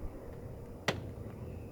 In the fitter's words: so that just snapped right in